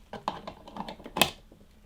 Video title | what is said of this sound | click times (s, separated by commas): The watch winder to end all watch winders? Benson Black Series Review | you literally just put it in you can literally hear the two clicks as it goes in | 0.3 s, 1.2 s